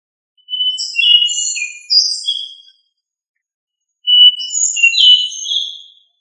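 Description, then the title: Thrush song in two separate bursts of bright whistled and warbled notes, jumping between pitches, with a quiet gap of over a second between phrases. "Familia Turdidae - Sabia"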